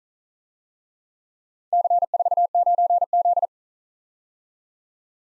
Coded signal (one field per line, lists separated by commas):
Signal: Morse code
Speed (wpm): 40 wpm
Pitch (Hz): 700 Hz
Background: none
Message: C49Z